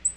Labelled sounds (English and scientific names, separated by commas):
Black-throated Green Warbler (Setophaga virens) flight call